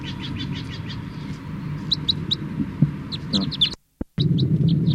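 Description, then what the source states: Crossbill calls: faint clipped notes at first, then louder sharp chips over a low rumble, broken by a brief cut in the sound before the calls resume. Captive crossbills, caught in a net, calling from a cage.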